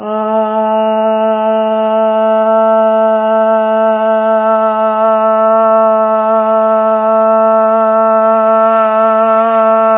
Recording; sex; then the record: sustained vowel /a/; female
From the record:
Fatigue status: no fatigue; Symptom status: symptomatic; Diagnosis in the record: COVID-19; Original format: 3gp